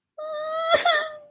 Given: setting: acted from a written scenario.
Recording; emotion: vocal sound without words; sadness